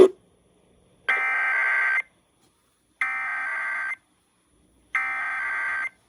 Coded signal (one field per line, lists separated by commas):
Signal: Emergency Alert System (SAME) tones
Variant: header bursts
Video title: Late April Monthly and Weekly Chaos (EAS #10815-10824) 4/26/23